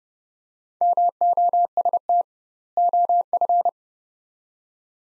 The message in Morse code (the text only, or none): MOST OF